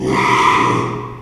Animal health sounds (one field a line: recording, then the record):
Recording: squeal of a Yucatan mini pig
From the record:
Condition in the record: after surgery on the right vocal fold (resection and tissue-engineered implant)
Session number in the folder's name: 1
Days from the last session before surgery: 6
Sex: male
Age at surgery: 12 weeks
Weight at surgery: 13 kg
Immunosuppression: cyclosporine, prednisolone